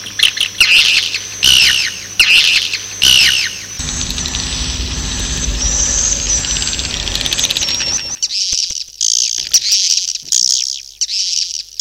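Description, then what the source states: Swiftlets give short bursts of high chittering calls, then steady broad hissing noise fills the middle before the chirp bursts return. Swiftlet sounds used for swiftlet farming in Asia.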